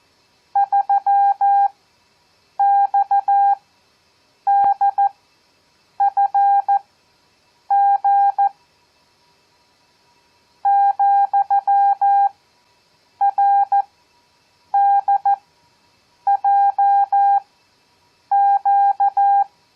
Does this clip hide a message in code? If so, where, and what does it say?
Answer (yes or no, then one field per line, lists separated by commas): yes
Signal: Morse code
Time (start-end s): 0.6-19.4 s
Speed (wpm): 14 wpm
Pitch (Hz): 800 Hz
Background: none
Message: 3XDFG ,RDJQ